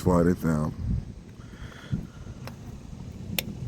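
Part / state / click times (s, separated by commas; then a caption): drip moulding onto plastic retaining clip on car roof rail / seated / 3.4 s. A drip moulding is slid down over a new plastic retaining clip on a car roof rail after someone talks at the start. A faint tick is heard at 2.5 s, then a sharp click at 3.4 s as the moulding snaps into place on the clip, seating it.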